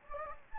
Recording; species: mosquito wingbeat signal from an infrared sensor; Anopheles gambiae